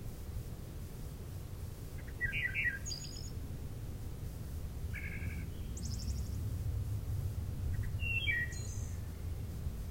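Wood thrush song: three fluting phrases a few seconds apart, ending in high trills, over steady low rumble.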